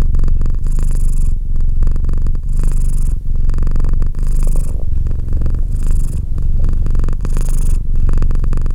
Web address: Cat Purr 201308 Cat purr